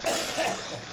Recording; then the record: coughing mixed with background sound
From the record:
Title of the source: Cough Around the Clock!